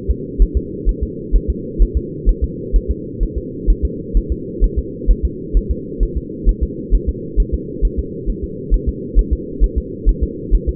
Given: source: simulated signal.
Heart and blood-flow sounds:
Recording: fetal heart sounds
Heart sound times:
0.11 s: S2
0.42 s: S1
0.57 s: S2
0.89 s: S1
1.03 s: S2
1.36 s: S1
1.50 s: S2
1.82 s: S1
1.97 s: S2
2.29 s: S1
2.44 s: S2
2.76 s: S1
2.91 s: S2
3.23 s: S1
3.38 s: S2
3.70 s: S1
3.85 s: S2
4.17 s: S1
4.32 s: S2
4.64 s: S1
4.79 s: S2
5.11 s: S1
5.25 s: S2
5.57 s: S1
5.71 s: S2
6.03 s: S1
6.18 s: S2
6.49 s: S1
6.63 s: S2
6.95 s: S1
7.09 s: S2
7.40 s: S1
7.54 s: S2
7.85 s: S1
7.99 s: S2
8.29 s: S1
8.44 s: S2
8.74 s: S1
8.89 s: S2
9.19 s: S1
9.33 s: S2
9.64 s: S1
9.78 s: S2
10.09 s: S1
10.23 s: S2
10.55 s: S1
10.69 s: S2
From the record:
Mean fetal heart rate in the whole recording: 130 bpm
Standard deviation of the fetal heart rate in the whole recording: 2 bpm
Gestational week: 36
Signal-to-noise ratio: -4.1 dB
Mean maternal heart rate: no maternal heart sound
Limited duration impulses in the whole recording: absent

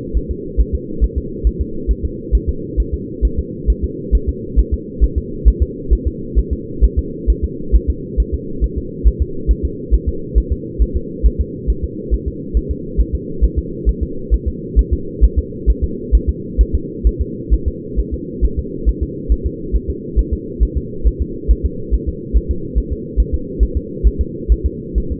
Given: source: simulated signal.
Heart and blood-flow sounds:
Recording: fetal heart sounds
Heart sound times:
0.17 s: S1
0.31 s: S2
0.60 s: S1
0.75 s: S2
1.04 s: S1
1.18 s: S2
1.47 s: S1
1.61 s: S2
1.91 s: S1
2.05 s: S2
2.35 s: S1
2.49 s: S2
2.80 s: S1
2.94 s: S2
3.25 s: S1
3.39 s: S2
3.70 s: S1
3.84 s: S2
4.15 s: S1
4.29 s: S2
4.59 s: S1
4.74 s: S2
5.04 s: S1
5.18 s: S2
5.48 s: S1
5.62 s: S2
5.93 s: S1
6.07 s: S2
6.39 s: S1
6.53 s: S2
6.84 s: S1
6.99 s: S2
7.30 s: S1
7.44 s: S2
7.75 s: S1
7.90 s: S2
8.20 s: S1
8.34 s: S2
8.64 s: S1
8.78 s: S2
9.07 s: S1
9.22 s: S2
9.51 s: S1
9.65 s: S2
9.94 s: S1
10.09 s: S2
10.38 s: S1
10.52 s: S2
10.82 s: S1
10.97 s: S2
11.26 s: S1
11.41 s: S2
11.70 s: S1
11.84 s: S2
12.14 s: S1
12.28 s: S2
12.57 s: S1
12.71 s: S2
13.00 s: S1
13.15 s: S2
13.44 s: S1
13.59 s: S2
13.89 s: S1
14.03 s: S2
14.34 s: S1
14.48 s: S2
14.79 s: S1
14.93 s: S2
15.24 s: S1
15.39 s: S2
15.70 s: S1
15.84 s: S2
16.15 s: S1
16.29 s: S2
16.61 s: S1
16.75 s: S2
17.07 s: S1
17.21 s: S2
17.53 s: S1
17.68 s: S2
17.99 s: S1
18.14 s: S2
18.45 s: S1
18.59 s: S2
18.89 s: S1
19.03 s: S2
19.32 s: S1
19.46 s: S2
19.76 s: S1
19.90 s: S2
20.19 s: S1
20.33 s: S2
20.63 s: S1
20.77 s: S2
21.07 s: S1
21.22 s: S2
21.51 s: S1
21.66 s: S2
21.94 s: S1
22.09 s: S2
22.37 s: S1
22.51 s: S2
22.78 s: S1
22.93 s: S2
23.20 s: S1
23.34 s: S2
23.63 s: S1
23.77 s: S2
24.07 s: S1
24.21 s: S2
24.52 s: S1
24.66 s: S2
24.98 s: S1
25.12 s: S2
From the record:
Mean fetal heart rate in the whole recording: 135 bpm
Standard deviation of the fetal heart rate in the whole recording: 3 bpm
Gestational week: 34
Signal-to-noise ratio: -4.3 dB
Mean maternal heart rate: 72 bpm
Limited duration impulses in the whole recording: absent

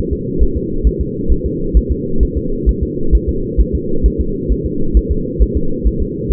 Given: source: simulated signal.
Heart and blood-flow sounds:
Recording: fetal heart sounds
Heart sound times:
0.13 s: S2
0.43 s: S1
0.57 s: S2
0.87 s: S1
1.01 s: S2
1.32 s: S1
1.46 s: S2
1.77 s: S1
1.92 s: S2
2.23 s: S1
2.37 s: S2
2.69 s: S1
2.83 s: S2
3.15 s: S1
3.29 s: S2
3.61 s: S1
3.75 s: S2
4.06 s: S1
4.21 s: S2
4.52 s: S1
4.66 s: S2
4.97 s: S1
5.11 s: S2
5.42 s: S1
5.57 s: S2
5.87 s: S1
6.02 s: S2
6.32 s: S1
From the record:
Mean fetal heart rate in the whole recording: 135 bpm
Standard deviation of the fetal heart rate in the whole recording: 3 bpm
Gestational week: 34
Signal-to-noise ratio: -8.1 dB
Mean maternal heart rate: 72 bpm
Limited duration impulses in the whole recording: absent

